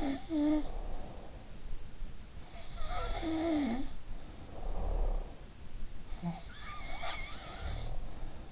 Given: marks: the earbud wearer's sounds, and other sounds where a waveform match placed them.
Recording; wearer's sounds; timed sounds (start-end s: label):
sounds in sleep by an in-ear microphone; breath
0.00-1.43 s: sound from someone else or the room
2.46-5.56 s: sound from someone else or the room
4.03-5.55 s: breath
6.16-8.52 s: sound from someone else or the room